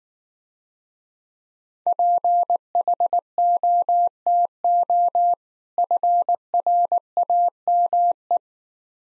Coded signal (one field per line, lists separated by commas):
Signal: Morse code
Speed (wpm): 19 wpm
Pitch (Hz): 700 Hz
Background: none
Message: PHOTO FRAME